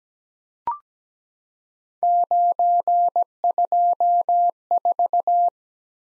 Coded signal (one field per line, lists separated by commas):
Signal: Morse code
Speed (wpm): 17 wpm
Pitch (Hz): 700 Hz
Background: none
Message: 924